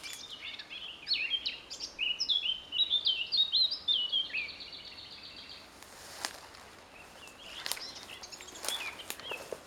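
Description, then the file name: Eurasian blackcap song: a fast scratchy warble running into clear fluted whistles for about five seconds, followed by quieter sharp clicks and faint notes. "Sylvia atricapilla"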